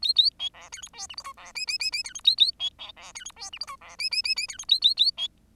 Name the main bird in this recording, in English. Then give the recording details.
Bengalese Finch. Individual Bird10